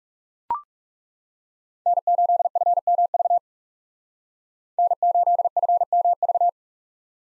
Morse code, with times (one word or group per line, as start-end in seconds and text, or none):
1.9-3.4 N8FMV
4.8-6.5 N8FMV